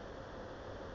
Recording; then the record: background sound without coughing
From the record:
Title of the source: wind